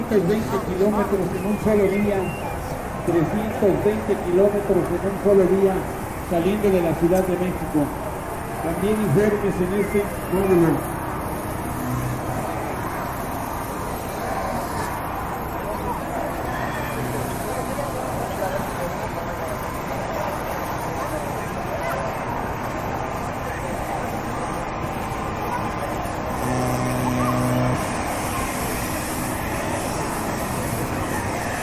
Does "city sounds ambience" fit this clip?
yes